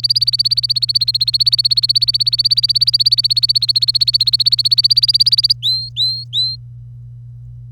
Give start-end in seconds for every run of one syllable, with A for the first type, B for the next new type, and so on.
0.00-5.53 A, 5.62-6.56 B